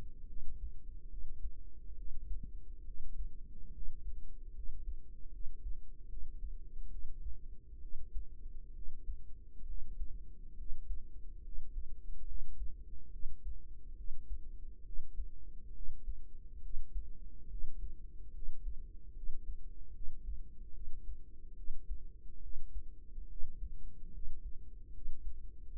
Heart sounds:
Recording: heart sounds by microphone in the right ear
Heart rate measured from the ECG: 71 bpm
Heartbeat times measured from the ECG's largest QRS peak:
0.28 s: heartbeat
1.10 s: heartbeat
1.97 s: heartbeat
2.85 s: heartbeat
3.73 s: heartbeat
4.54 s: heartbeat
5.32 s: heartbeat
6.08 s: heartbeat
6.90 s: heartbeat
7.81 s: heartbeat
8.74 s: heartbeat
9.66 s: heartbeat
10.57 s: heartbeat
11.43 s: heartbeat
12.26 s: heartbeat
13.11 s: heartbeat
13.96 s: heartbeat
14.84 s: heartbeat
15.73 s: heartbeat
16.61 s: heartbeat
17.49 s: heartbeat
18.33 s: heartbeat
19.14 s: heartbeat
19.93 s: heartbeat
20.73 s: heartbeat
21.55 s: heartbeat
22.41 s: heartbeat
23.28 s: heartbeat
24.12 s: heartbeat
24.93 s: heartbeat
25.71 s: heartbeat
From the record:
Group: healthy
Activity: rest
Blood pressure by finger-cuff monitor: 130/48 mmHg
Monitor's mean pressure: 73 mmHg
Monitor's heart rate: 71 bpm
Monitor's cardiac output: 9.6 L/min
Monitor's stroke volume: 136 mL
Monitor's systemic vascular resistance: 550 dyn s/cm5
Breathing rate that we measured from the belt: 9 breaths a minute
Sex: female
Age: 32 years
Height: 168 cm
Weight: 61.9 kg

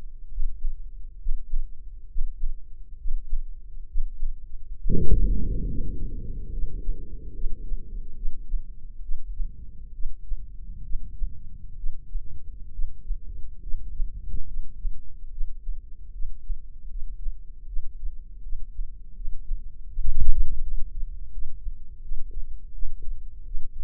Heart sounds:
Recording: heart sounds by microphone in the left ear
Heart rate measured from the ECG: 73 bpm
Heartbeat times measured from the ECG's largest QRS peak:
0.29 s: heartbeat
1.19 s: heartbeat
2.08 s: heartbeat
2.98 s: heartbeat
3.88 s: heartbeat
4.78 s: heartbeat
5.68 s: heartbeat
6.52 s: heartbeat
7.34 s: heartbeat
8.16 s: heartbeat
9.02 s: heartbeat
9.93 s: heartbeat
10.84 s: heartbeat
11.77 s: heartbeat
12.72 s: heartbeat
13.62 s: heartbeat
14.47 s: heartbeat
15.31 s: heartbeat
16.13 s: heartbeat
16.90 s: heartbeat
17.67 s: heartbeat
18.43 s: heartbeat
19.16 s: heartbeat
19.89 s: heartbeat
20.62 s: heartbeat
21.32 s: heartbeat
22.02 s: heartbeat
22.73 s: heartbeat
23.45 s: heartbeat
From the record:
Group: healthy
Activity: breath hold 0-7 s, rest 7-24 s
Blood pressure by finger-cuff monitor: 174/92 mmHg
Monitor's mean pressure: 114 mmHg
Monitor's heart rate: 72 bpm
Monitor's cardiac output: 7.8 L/min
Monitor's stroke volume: 107 mL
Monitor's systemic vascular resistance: 1150 dyn s/cm5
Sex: male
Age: 57 years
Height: 188 cm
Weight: 106 kg

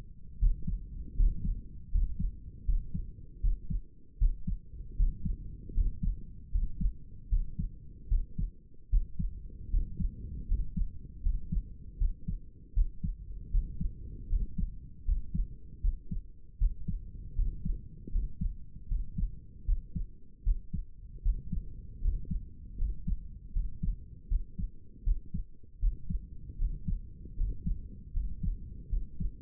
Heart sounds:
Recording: heart sounds by stethoscope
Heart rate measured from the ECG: 78 bpm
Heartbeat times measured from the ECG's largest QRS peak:
0.39 s: heartbeat
1.16 s: heartbeat
1.91 s: heartbeat
2.65 s: heartbeat
3.41 s: heartbeat
4.18 s: heartbeat
4.96 s: heartbeat
5.74 s: heartbeat
6.51 s: heartbeat
7.29 s: heartbeat
8.08 s: heartbeat
8.89 s: heartbeat
9.70 s: heartbeat
10.47 s: heartbeat
11.22 s: heartbeat
11.97 s: heartbeat
12.73 s: heartbeat
13.50 s: heartbeat
14.28 s: heartbeat
15.04 s: heartbeat
15.81 s: heartbeat
16.58 s: heartbeat
17.35 s: heartbeat
18.11 s: heartbeat
18.87 s: heartbeat
19.65 s: heartbeat
20.43 s: heartbeat
21.22 s: heartbeat
22.01 s: heartbeat
22.77 s: heartbeat
23.52 s: heartbeat
24.28 s: heartbeat
25.03 s: heartbeat
25.79 s: heartbeat
26.57 s: heartbeat
27.36 s: heartbeat
28.12 s: heartbeat
28.89 s: heartbeat
From the record:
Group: healthy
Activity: rest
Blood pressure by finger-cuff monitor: 102/65 mmHg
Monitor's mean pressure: 72 mmHg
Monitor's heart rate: 78 bpm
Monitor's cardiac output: 6.3 L/min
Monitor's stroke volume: 82 mL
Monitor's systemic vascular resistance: 810 dyn s/cm5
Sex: male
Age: 35 years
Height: 180 cm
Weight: 86.9 kg

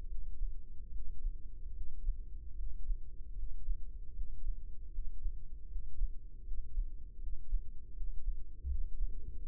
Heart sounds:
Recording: heart sounds by microphone in the left ear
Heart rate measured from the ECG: 77 bpm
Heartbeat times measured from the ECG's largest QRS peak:
0.07 s: heartbeat
0.91 s: heartbeat
1.73 s: heartbeat
2.55 s: heartbeat
3.35 s: heartbeat
4.13 s: heartbeat
4.90 s: heartbeat
5.67 s: heartbeat
6.43 s: heartbeat
7.19 s: heartbeat
7.93 s: heartbeat
8.67 s: heartbeat
9.42 s: heartbeat
From the record:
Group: healthy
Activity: breath hold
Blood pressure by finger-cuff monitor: 108/78 mmHg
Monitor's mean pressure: 89 mmHg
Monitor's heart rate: 76 bpm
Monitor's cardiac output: 5.3 L/min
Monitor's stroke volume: 72 mL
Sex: female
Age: 32 years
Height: 172 cm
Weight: 71.7 kg

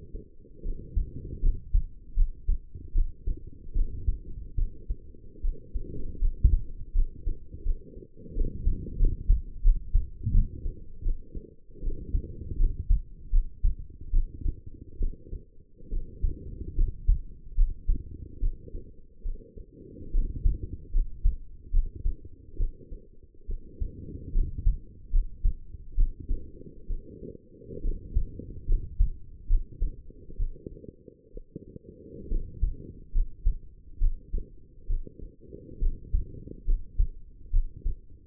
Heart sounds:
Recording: heart sounds by stethoscope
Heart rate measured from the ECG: 73 bpm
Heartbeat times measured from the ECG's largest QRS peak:
0.63 s: heartbeat
1.41 s: heartbeat
2.15 s: heartbeat
2.93 s: heartbeat
3.73 s: heartbeat
4.56 s: heartbeat
5.42 s: heartbeat
6.19 s: heartbeat
6.93 s: heartbeat
7.63 s: heartbeat
8.34 s: heartbeat
8.98 s: heartbeat
9.62 s: heartbeat
10.32 s: heartbeat
11.03 s: heartbeat
11.81 s: heartbeat
12.57 s: heartbeat
13.31 s: heartbeat
14.11 s: heartbeat
14.98 s: heartbeat
15.90 s: heartbeat
16.75 s: heartbeat
17.55 s: heartbeat
18.40 s: heartbeat
19.23 s: heartbeat
20.12 s: heartbeat
20.92 s: heartbeat
21.71 s: heartbeat
22.57 s: heartbeat
23.46 s: heartbeat
24.32 s: heartbeat
25.11 s: heartbeat
25.95 s: heartbeat
26.87 s: heartbeat
27.82 s: heartbeat
28.66 s: heartbeat
29.47 s: heartbeat
30.37 s: heartbeat
31.32 s: heartbeat
32.28 s: heartbeat
33.12 s: heartbeat
33.99 s: heartbeat
34.87 s: heartbeat
35.79 s: heartbeat
36.65 s: heartbeat
37.51 s: heartbeat
From the record:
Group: healthy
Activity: rest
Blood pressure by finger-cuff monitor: 113/75 mmHg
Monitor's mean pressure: 88 mmHg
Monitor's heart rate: 72 bpm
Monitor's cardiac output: 5.8 L/min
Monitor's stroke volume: 79 mL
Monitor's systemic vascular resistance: 1110 dyn s/cm5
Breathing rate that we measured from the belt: 15 breaths a minute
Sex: female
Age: 22 years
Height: 160 cm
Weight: 45 kg

